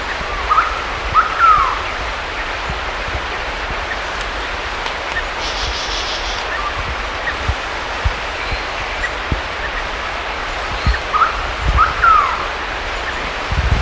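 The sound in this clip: Bird calls, short whistled notes sliding up and down in quick clusters near the start and again near the end, over a steady low rumble and scattered knocks.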